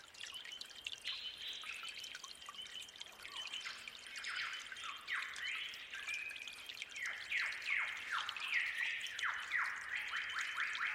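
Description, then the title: Bird song: rapid falling whistles that grow busier toward the end, set against constant running and dripping water. Forest birds singing at dawn with babbling, trickling water. "Suara Gemercik Air Dan Kicau Burung Hutan Di Saat Fajar"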